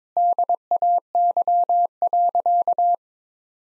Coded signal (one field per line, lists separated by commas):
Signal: Morse code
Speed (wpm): 22 wpm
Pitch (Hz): 700 Hz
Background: none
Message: DAY.